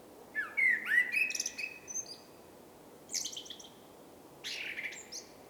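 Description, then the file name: Common blackbird song: one mellow warbled phrase at the start, followed by two thin, high scratchy twitter bursts after longer pauses. "Turdus merula"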